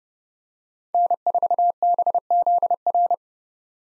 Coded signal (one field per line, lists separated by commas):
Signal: Morse code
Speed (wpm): 30 wpm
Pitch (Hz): 700 Hz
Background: none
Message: N4BZR